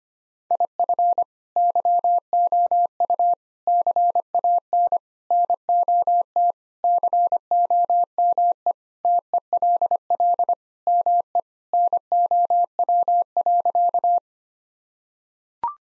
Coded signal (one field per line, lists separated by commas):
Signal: Morse code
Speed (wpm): 25 wpm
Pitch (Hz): 700 Hz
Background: none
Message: IF YOU CAN NOT COME TELL ME NOW.